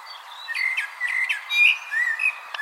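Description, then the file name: Common blackbird: a run of several short whistled notes, some slurred, spread over about two seconds. "Turdus merula"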